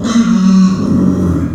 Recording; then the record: squeal of a Yucatan mini pig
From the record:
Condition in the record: after surgery on the right vocal fold (resection and tissue-engineered implant); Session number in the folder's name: 9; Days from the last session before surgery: 65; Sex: female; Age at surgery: 19 weeks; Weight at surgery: 25 kg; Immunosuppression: prednisolone